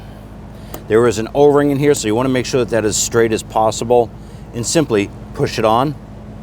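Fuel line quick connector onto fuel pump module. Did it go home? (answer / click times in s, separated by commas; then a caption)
no / none. A fuel line quick-connect fitting with an internal O-ring is lined up straight and pushed onto the fuel pump module nipple of a 2011-2023 Dodge Charger 3.6L V6 during a fuel transfer unit replacement. Someone talks throughout, with a brief sharp tick near 0.7 s. The connector has not seated or clicked into place yet when the clip ends.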